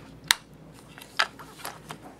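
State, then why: Seated. A power supply cable plug is pushed fully into the power socket of a Topcon SL-2G slit lamp while troubleshooting a no-light issue. A sharp, loud click at 0.3 s shows the plug has seated all the way, followed by a few fainter clicks and ticks through the rest of the clip.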